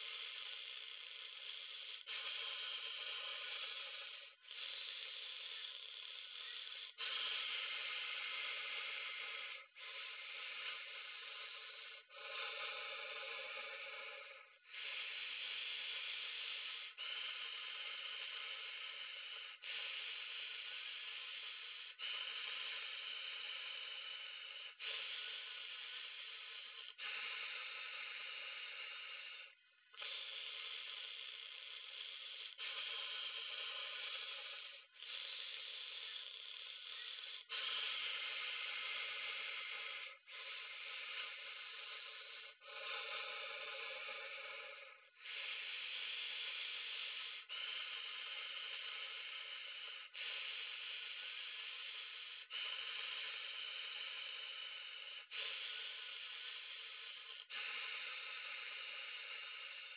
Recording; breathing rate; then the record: paced breathing near a phone; 12 breaths a minute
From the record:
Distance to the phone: 40 cm